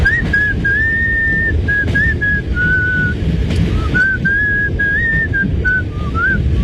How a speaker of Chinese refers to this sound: 想到今天和女朋友的约会，不禁快乐地吹起口哨。